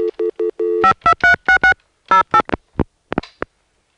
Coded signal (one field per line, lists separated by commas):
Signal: DTMF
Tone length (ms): 100 ms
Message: 52366 08